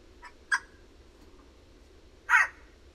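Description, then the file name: Eurasian jay calls: a faint rasp, then a short harsh screech, and after nearly two seconds a longer, louder grating screech, with low hum beneath. "Garrulus glandarius"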